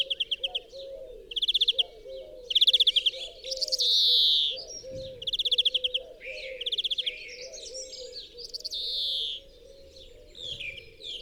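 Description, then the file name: European greenfinch calling: quick rattling trills of several notes, repeated every second or two, with a drawn-out wheezy buzz midway, over a steady low wavering tone. "Chloris chloris"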